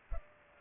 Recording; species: mosquito wingbeat signal from an infrared sensor; Culex pipiens